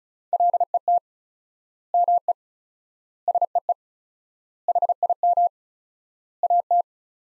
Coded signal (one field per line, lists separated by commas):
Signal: Morse code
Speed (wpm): 36 wpm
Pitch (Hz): 700 Hz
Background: none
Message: LET ME SEE HIM AT